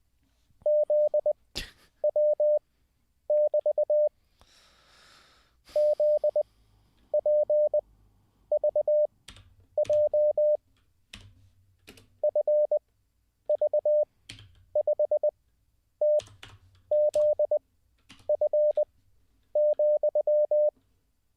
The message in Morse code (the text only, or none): ZW<BT> ZPVJ FV5TZF,